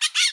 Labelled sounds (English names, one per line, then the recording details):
Brown-throated Parakeet contact call
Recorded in Bonaire
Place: 1 km E of roosting area just N of Seru Largu
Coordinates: 12.199, -68.268